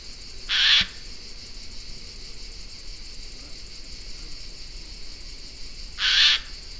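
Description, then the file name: Eurasian jay calls: two short, hoarse screeches roughly five seconds apart, against a constant high-pitched buzzing background. "Garrulus glandarius"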